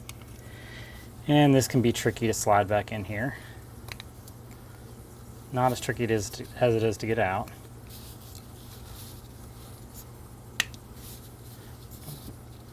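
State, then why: Seated. A plastic internal part of a GE Jasco ZW4005 Z-Wave smart wall switch is slid back into its slot in the housing during reassembly. Someone talks over a low background hum, then a sharp click at 10.6 s marks the part snapping into place, seated.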